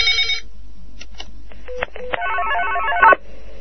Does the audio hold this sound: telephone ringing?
yes